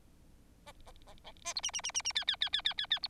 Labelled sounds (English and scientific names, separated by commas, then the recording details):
Bengalese Finch (Lonchura striata domestica) song
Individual Bird4